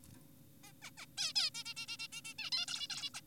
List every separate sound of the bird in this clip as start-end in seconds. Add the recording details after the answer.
0.64-0.72, 0.82-0.91, 0.98-1.06, 1.18-1.33, 1.36-1.50, 1.55-1.64, 1.66-1.74, 1.77-1.86, 1.88-1.97, 2.00-2.08, 2.12-2.21, 2.25-2.34, 2.39-2.50, 2.52-2.66, 2.68-2.88, 2.90-3.10, 3.14-3.21. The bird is an adult. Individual g4p5U